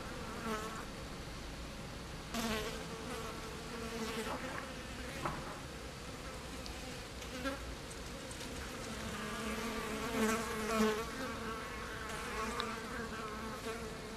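Fly buzz, a droning, fluctuating whine with several louder surges and brief ticks, over steady low background noise.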